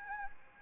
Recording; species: mosquito wingbeat signal from an infrared sensor; Anopheles arabiensis